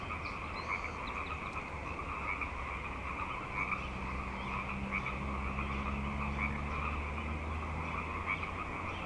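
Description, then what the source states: Frogs in a dense chorus, many overlapping croaks forming continuous bands of sound, with a steady low hum underneath. Frog chorus on Grafton Lake, recorded 3 May 2009.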